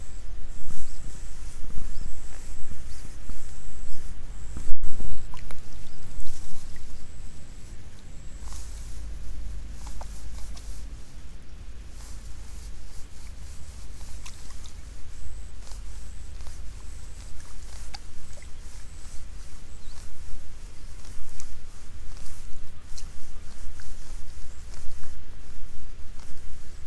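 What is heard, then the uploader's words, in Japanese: Rice seedlings being pulled in the afternoon, with scattered soft taps, rustles and wet squishes throughout and one sharp click near five seconds. A thin, high insect trill pulses steadily through the first ten seconds and returns intermittently later, over a constant low rumble. イネ苗とり 午後 そろそろ虫の声。33℃\\18℃。晴れ。今季最後の苗とり。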